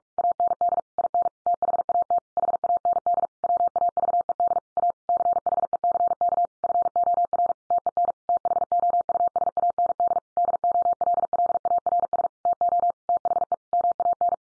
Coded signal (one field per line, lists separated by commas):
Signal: Morse code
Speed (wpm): 44 wpm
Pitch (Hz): 700 Hz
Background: none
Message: AND IN THAT HAND WAVED A CHECK FOR TEN THOUSAND DOLLARS TO THE MAN